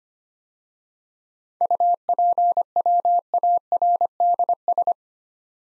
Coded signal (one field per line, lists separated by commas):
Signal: Morse code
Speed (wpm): 25 wpm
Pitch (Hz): 700 Hz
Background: none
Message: UPWARDS